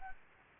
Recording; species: mosquito wingbeat signal from an infrared sensor; Anopheles arabiensis